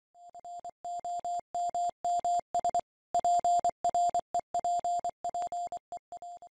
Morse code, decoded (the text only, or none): NOMMS PREPPEA